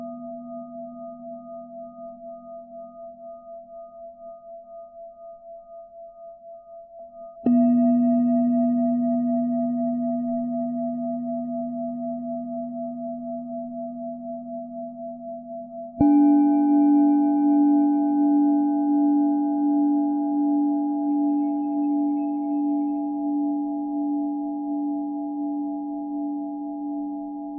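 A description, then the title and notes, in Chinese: A singing bowl hums with a low, wavering drone, struck again around 7 and 16 seconds, each strike louder and slowly fading. 颂钵治疗音乐。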